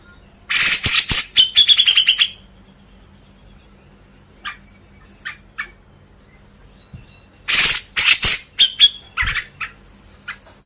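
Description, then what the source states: Grey-cheeked bulbul song: two bursts of rasping chatter with rapid repeated notes, several seconds apart, with a few faint clicks in between. Masteran recording used to train cage birds.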